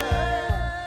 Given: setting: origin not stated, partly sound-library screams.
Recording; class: one-second piece from a danger detection set; normal situation